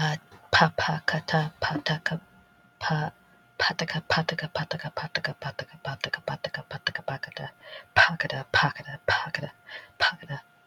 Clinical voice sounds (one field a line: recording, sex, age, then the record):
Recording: repeated syllables /pa ta ka/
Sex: female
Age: 30 to 39 years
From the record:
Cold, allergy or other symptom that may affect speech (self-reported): no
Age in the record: 35 years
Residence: California, United States